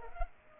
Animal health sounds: mosquito wingbeat signal from an infrared sensor; Culex pipiens

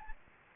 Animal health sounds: mosquito wingbeat signal from an infrared sensor; Anopheles gambiae

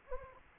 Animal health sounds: mosquito wingbeat signal from an infrared sensor; Anopheles arabiensis

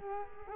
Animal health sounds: mosquito wingbeat signal from an infrared sensor; Culex quinquefasciatus

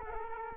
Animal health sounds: mosquito wingbeat signal from an infrared sensor; Culex quinquefasciatus

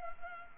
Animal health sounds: mosquito wingbeat signal from an infrared sensor; Culex pipiens

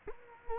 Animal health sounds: mosquito wingbeat signal from an infrared sensor; Culex quinquefasciatus

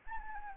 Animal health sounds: mosquito wingbeat signal from an infrared sensor; Anopheles arabiensis

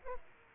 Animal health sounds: mosquito wingbeat signal from an infrared sensor; Aedes aegypti

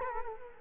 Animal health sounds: mosquito wingbeat signal from an infrared sensor; Culex quinquefasciatus

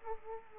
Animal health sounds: mosquito wingbeat signal from an infrared sensor; Aedes aegypti

